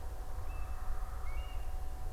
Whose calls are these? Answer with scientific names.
Burhinus oedicnemus